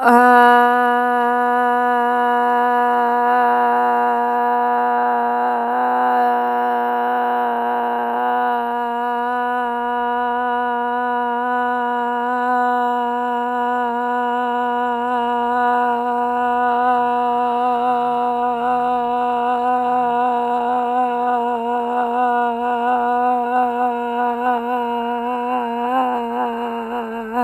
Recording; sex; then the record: sustained vowel /a/; female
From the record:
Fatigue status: fatigue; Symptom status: symptomatic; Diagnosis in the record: COVID-19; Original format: m4a